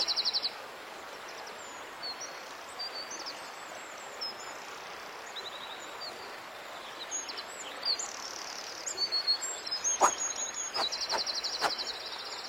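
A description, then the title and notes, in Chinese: Mountain water flows in a steady, dense rush while high insect-like trills and bird chirps come and go, with sharp clicks near ten seconds. 白噪音 中国风 高山流水 武侠练剑修仙氛围。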